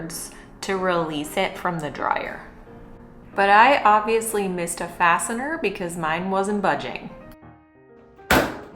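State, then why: Released. Someone talks while pulling up on the plastic control panel of a Samsung dryer, during a heating element replacement, to free a stubborn snap fastener in the dryer top that had been missed. At 8.3 s the fastener lets go with a sharp, loud snap, and the control panel is released.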